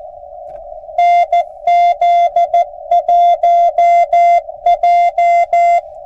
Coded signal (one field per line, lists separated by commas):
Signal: Morse code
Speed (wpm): 19 wpm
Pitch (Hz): 700 Hz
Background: none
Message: NZ1J